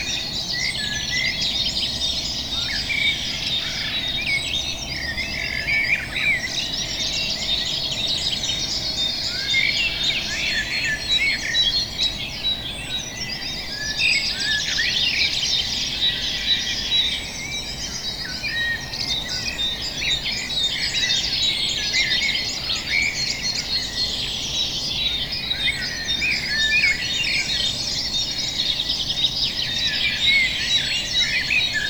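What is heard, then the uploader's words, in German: Early morning birdsong fills the air, a dense chorus of many birds chirping and trilling over one another without pause. The calls sit high and bright, layered at varying distances, while a faint low rumble hums steadily underneath throughout. Rolladen hoch, Fenster auf, Mikrofon raus und ne gute halbe Stunde aufnehmen. Wie der Tag langsam beginnt und die frühen Vögel sich über gefangene Würmer austauschen.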